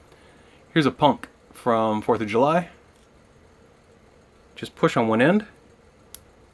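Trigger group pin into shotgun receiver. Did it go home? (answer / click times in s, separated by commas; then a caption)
yes / 6.1 s. Someone talks while the trigger group retaining pin of a Mossberg 500 pump shotgun is pushed through the receiver with a punch. A small, sharp pop sounds at 6.1 s as the pin snaps into place and seats.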